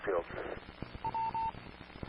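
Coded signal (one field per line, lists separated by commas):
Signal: none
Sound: a repeater's courtesy beeps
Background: speech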